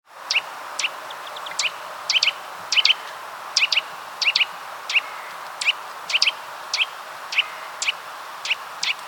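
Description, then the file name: Eurasian nuthatch calls: short sharp rising notes, often in pairs, repeated steadily throughout over a soft background hiss. "Sitta europaea"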